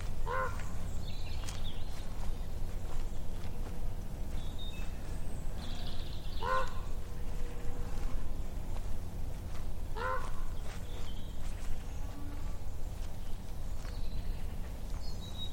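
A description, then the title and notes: Ravens call over winter farmland in Monmouthshire, giving short hoarse croaks roughly every three to four seconds, near 1, 6.5 and 10 seconds. A steady low rumble runs underneath throughout, with faint chirps from smaller birds scattered across the clip. Ravens call over the stark winter landscape of farmland in deeply rural Monmouthshire.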